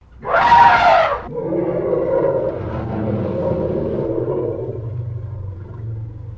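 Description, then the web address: African elephant trumpeting: one loud, brassy blast of about a second, followed at once by a long, low, rumbling growl that slowly fades. Trumpet and growl. "SFXSource AOS Elephant African Trumpet Growl"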